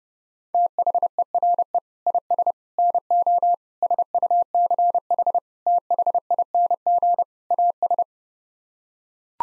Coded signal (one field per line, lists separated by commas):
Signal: Morse code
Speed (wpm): 30 wpm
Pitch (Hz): 700 Hz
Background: none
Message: THERE IS NO SUCH THING AS